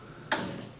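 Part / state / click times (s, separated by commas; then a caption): rotary selector dial on a steam shower unit control panel / seated / 0.3 s. The top rotary selector dial on the control panel of a Tornado steam sauna shower unit is turned until it clicks into a detent position, giving a single sharp click at 0.3 s that fades over about half a second. Once it seats, water flows to the chosen outlet.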